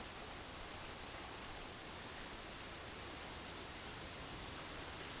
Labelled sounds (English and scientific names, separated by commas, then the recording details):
none
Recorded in dense forest near Puerto Asís, Putumayo, Colombia, on 21 February 2024 at 13:00
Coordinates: 0.505, -76.324
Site G6467